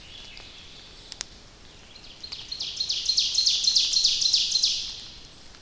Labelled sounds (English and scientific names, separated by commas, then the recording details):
Ovenbird (Seiurus aurocapilla) song
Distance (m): 50 m
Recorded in boreal forest in Alberta, Canada, on 29 May 2016 at 06:04
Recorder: SongMeter 3, array SBT-3-49
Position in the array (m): 71 m, 262 m
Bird 14